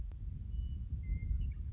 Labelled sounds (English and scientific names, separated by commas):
Western Meadowlark (Sturnella neglecta)